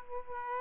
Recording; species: mosquito wingbeat signal from an infrared sensor; Aedes aegypti